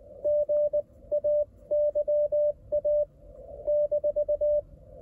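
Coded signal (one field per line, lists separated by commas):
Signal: Morse code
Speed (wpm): 19 wpm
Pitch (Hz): 590 Hz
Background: radio noise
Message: GAYA -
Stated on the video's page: Beginner CW contact on 28 MHz at 18 WPM, IC-705 at 10W into a carbon fishing-rod wire antenna; other station used 4-element Yagi; conditions faded near the end.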